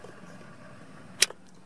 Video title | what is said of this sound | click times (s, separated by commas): SYNC 2 to SYNC 3 Upgrade - 2013 - 2015 Ford Taurus | the hub into the mounting plate so it clicks in place | 1.2 s